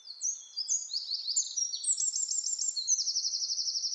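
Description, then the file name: Eurasian wren pouring out an unbroken stream of high, piercing notes that ends in a fast, even, rattling trill. "Troglodytes troglodytes"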